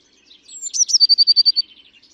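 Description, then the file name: Eurasian blue tit song: one high thin note sliding into a quick, evenly pulsed trill lasting about a second, with soft twitters around it. "Cyanistes caeruleus"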